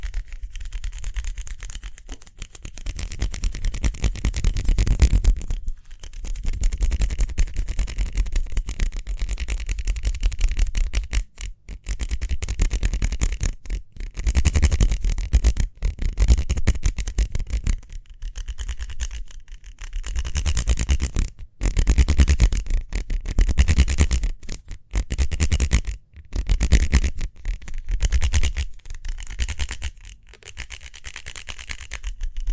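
Quick hand sounds: rapid rubbing and brushing strokes in dense bursts, each lasting a few seconds, separated by brief silent gaps. The scratchy texture reaches up into bright hiss over a low rumble, with louder stretches around 5, 15 and 25 seconds.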